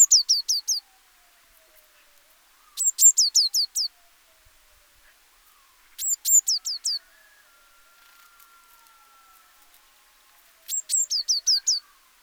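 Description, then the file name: Eurasian blue tit uttering repeated clusters of high, sharp falling notes roughly every three to five seconds, with a faint steady tone at times. "Cyanistes caeruleus"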